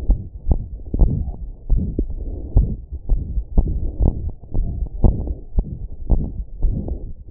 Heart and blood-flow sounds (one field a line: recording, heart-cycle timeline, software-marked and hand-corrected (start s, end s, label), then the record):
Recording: heart sounds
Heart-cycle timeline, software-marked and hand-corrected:
0.00	0.07	diastole
0.07	0.18	S1
0.18	0.25	systole
0.25	0.33	S2
0.33	0.47	diastole
0.47	0.56	S1
0.56	0.69	systole
0.69	0.76	S2
0.76	0.95	diastole
0.95	1.07	S1
1.07	1.21	systole
1.21	1.33	S2
1.33	1.68	diastole
1.68	1.84	S1
1.84	1.98	systole
1.98	2.08	S2
2.08	2.53	diastole
2.53	2.64	S1
2.64	2.87	systole
2.87	2.97	S2
2.97	3.08	diastole
3.08	3.20	S1
3.20	3.34	systole
3.34	3.42	S2
3.42	3.56	diastole
3.56	3.69	S1
3.69	3.79	systole
3.79	3.88	S2
3.88	4.00	diastole
4.00	4.10	S1
4.10	4.23	systole
4.23	4.32	S2
4.32	4.54	diastole
4.54	4.66	S1
4.66	4.75	systole
4.75	4.84	S2
4.84	5.02	diastole
5.02	5.13	S1
5.13	5.25	systole
5.25	5.35	S2
5.35	5.53	diastole
5.53	5.62	S1
5.62	5.79	systole
5.79	5.89	S2
5.89	6.09	diastole
6.09	6.20	S1
6.20	6.35	systole
6.35	6.45	S2
6.45	6.62	diastole
6.62	6.75	S1
6.75	6.87	systole
6.87	6.98	S2
6.98	7.31	diastole
From the record:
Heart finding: aortic stenosis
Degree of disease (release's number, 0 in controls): 4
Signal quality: good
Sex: female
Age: 77 years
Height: 1.55 m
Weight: 62 kg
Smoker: no